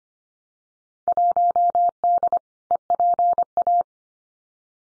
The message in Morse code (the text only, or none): 1D EPA